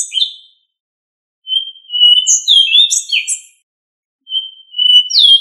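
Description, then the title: Thrush song: short phrases of clear, fluted whistles, steady notes then quick slurred and falling notes, separated by short pauses. Family Turdidae. "Familia Turdidae - Sabia"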